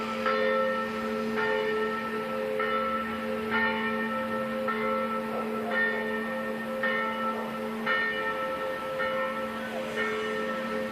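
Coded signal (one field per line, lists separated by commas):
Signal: bell signal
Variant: single small bell swung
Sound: one church bell swinging steadily, about ten strikes in eleven seconds, ringing overtones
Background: steady low hum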